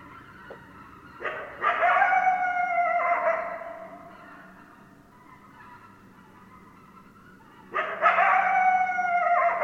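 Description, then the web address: Coyote howling, a harmonic howl with yips starting after one second and fading, then a fresh loud howl bursting in near eight seconds. Several coyotes recorded on 10 December 2012. "sounds mammals Coyote 2012 12 10 Coyotes"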